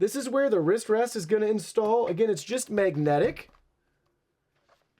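A plastic magnetic wrist rest for a be quiet! Light Mount mechanical keyboard is handled near the keyboard's front edge while someone talks for about 3.5 seconds, followed by near silence. The wrist rest has not yet snapped into place; nothing has seated or clicked.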